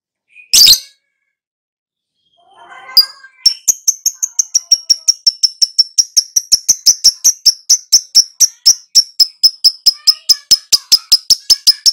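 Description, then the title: Lovebird song: a harsh burst and a soft rustling twitter, then a long, fast, regular string of high, sharp chirps. Lure sound played to prompt a pet lovebird to answer and sing steadily and energetically; gacor is the Indonesian term for this sustained singing. "Pancingan Lovebird Agar Nyaut GACOR"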